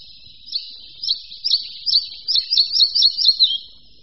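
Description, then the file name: Red-breasted flycatcher producing a series of high chirped notes that quicken and drop in pitch at the close. "Lejsek-malý"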